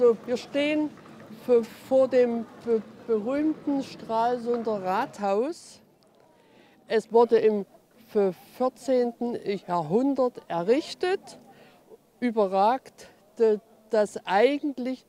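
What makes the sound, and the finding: Adult woman speaking German. Stuttering.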